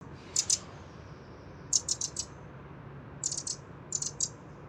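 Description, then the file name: Eurasian wren calls: short clusters of two to five hard, high ticking notes, repeated in four bursts over a faint low background hum. "Troglodytes troglodytes"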